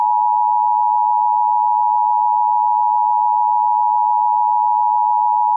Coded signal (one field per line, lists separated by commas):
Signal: Emergency Alert System (SAME) tones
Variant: 853 and 960 Hz attention tone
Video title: EAS Scenario Deleted Scenes: The Freezing One (Part 1)